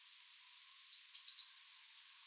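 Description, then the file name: Eurasian blue tit call, a thin high whistled note sliding slightly down, running into a rapid buzzy churring series of under a second. "Cyanistes caeruleus"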